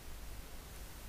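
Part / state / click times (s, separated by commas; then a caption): pump handle locking at full stroke in a gas sampling pump body / not seated / none. The handle of a hand-held gas detector tube pump is being pulled out toward full stroke during sampling, where it locks. Only a steady, broadband hiss-like noise is heard, with no distinct hit, and no one talks. The handle has not yet locked, and nothing has seated or clicked.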